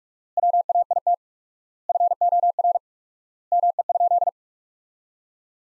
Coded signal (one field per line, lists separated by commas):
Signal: Morse code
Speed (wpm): 46 wpm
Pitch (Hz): 700 Hz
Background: none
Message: WAIT FOR ME?